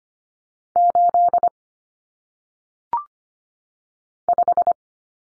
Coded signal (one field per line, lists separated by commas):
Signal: Morse code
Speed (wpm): 25 wpm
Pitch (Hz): 700 Hz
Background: none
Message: 8 5